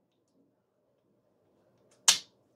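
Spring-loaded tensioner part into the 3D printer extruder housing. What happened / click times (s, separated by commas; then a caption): The spring-loaded part snapped into its slot / 2.1 s. A spring-loaded tensioner part is slid into its slot in the extruder housing of a Flashforge AD5X 3D printer during reassembly. After near-silence and a faint tick at 1.9 s, a single sharp, bright snap at 2.1 s marks the part seating in place. It is not yet tensioned all the way in.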